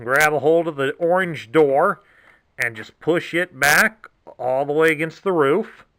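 Someone talks while an orange plastic door on the roof section of a G1 Airwave transforming robot toy is grabbed and pushed back toward the roof to lock it. The door has not clicked into place yet, and no sharp hit is heard in the clip.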